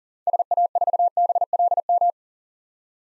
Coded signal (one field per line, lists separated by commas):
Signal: Morse code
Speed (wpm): 37 wpm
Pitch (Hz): 700 Hz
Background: none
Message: SA4BLM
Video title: 2023 SOTA Chaser Call Signs - 40wpm